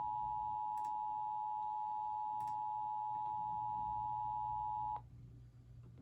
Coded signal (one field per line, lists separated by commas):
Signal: Emergency Alert System (SAME) tones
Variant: 853 and 960 Hz attention tone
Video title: EAS 779: LOT SMW